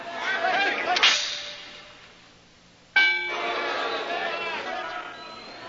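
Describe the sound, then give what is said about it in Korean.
Two sharp, snapping punch impacts in a boxing match, a boxer's hard punch staggering the opponent right after the start, the second louder and followed by a sustained ringing tone, over a steady murmur of crowd noise. “시작하자마자 제이크의 강펀치에 휘청하는 상대 선수.”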